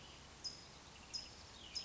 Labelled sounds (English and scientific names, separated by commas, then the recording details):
California Towhee (Melozone crissalis)
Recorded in Sonoma County, California